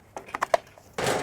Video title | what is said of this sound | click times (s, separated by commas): The Best String Trimmer I've Ever Used | There. You'll feel it snap into place. | 0.5 s